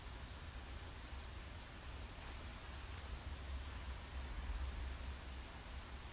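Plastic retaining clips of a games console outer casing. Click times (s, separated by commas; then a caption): 3.0 s. A plastic retaining clip on the outer casing of an Xbox One games console lets go with a sharp click at 3.0 s as the plastic shell is pried apart with a tool. Steady low background noise runs throughout, and the casing comes apart.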